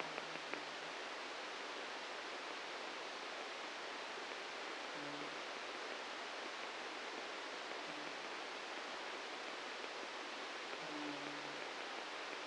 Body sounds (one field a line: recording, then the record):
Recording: brain microelectrode recording played as sound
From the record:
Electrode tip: outside the subthalamic nucleus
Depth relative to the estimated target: 2 mm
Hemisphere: right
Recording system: NeuroSet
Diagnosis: Parkinson's disease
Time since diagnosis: 7 years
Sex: male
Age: 44 years